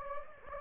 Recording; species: mosquito wingbeat signal from an infrared sensor; Anopheles gambiae